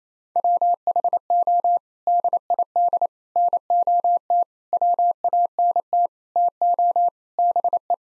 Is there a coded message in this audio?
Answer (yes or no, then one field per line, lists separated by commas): yes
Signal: Morse code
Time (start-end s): 0.4-7.9 s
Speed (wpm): 28 wpm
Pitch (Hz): 700 Hz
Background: none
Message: WHO DID NOT WANT TO BE